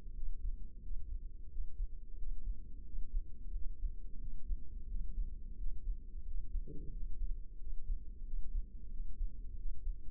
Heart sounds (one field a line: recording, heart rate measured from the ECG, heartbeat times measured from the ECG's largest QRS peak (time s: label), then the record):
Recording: heart sounds by microphone in the left ear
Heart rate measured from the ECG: 89 bpm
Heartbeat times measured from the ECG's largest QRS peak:
0.16 s: heartbeat
0.84 s: heartbeat
1.51 s: heartbeat
2.19 s: heartbeat
2.86 s: heartbeat
3.54 s: heartbeat
4.21 s: heartbeat
4.89 s: heartbeat
5.59 s: heartbeat
6.27 s: heartbeat
6.93 s: heartbeat
7.61 s: heartbeat
8.26 s: heartbeat
8.93 s: heartbeat
9.58 s: heartbeat
From the record:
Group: healthy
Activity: rest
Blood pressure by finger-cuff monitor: 145/88 mmHg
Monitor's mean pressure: 105 mmHg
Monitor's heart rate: 89 bpm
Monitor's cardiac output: 7.3 L/min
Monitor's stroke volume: 82 mL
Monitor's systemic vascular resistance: 1080 dyn s/cm5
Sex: male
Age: 21 years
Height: 175 cm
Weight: 72.6 kg